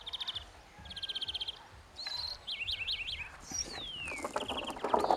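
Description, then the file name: European greenfinch song: rapid rattled trills and looping up-and-down twittered notes. "Chloris chloris"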